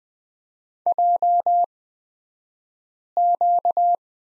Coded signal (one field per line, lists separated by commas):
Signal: Morse code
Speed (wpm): 20 wpm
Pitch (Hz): 700 Hz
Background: none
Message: JQ